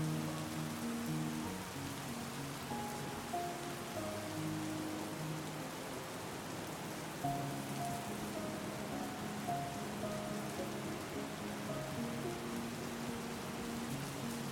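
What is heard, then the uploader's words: Soft rain hisses steadily across the whole fifteen seconds, a dense even wash with no breaks. Beneath it a slow, gentle melody of sustained low and mid notes drifts along, changing every second or so, quiet against the rain. SOOTHING Melody and SOFT Rain. A soothing melody and the gentle sound of rain. The sound of soft rain and the soothing melody.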